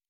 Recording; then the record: hydrophone in a shrimp aquaculture tank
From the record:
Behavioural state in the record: normal